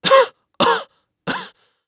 Male cough out of breath.